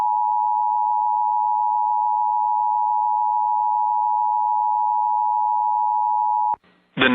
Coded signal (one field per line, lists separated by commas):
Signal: Emergency Alert System (SAME) tones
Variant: 853 and 960 Hz attention tone